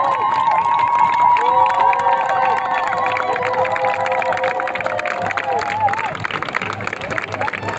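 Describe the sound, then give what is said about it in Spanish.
A large crowd cheers and claps continuously for the women activists of the Mexican delegation of the Global Sumud Flotilla for Gaza, with many voices shouting and rising whoops over a steady wash of applause and babble that stays loud throughout. “Una compañera de México, las compañeras de la delegación de México, la estarán aplaudiendo, activistas desde México.”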